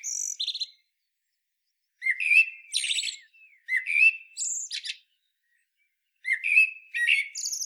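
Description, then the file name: Common blackbird singing: warbled fluty phrases sliding around a mid pitch, followed by thin high squeaks and chattering flourishes, with pauses of varying length between phrases. "Turdus merula"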